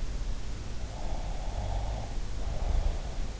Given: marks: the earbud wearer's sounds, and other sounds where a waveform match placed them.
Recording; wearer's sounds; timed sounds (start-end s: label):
sounds in sleep by an in-ear microphone; snoring breath
0.95-3.37 s: snoring breath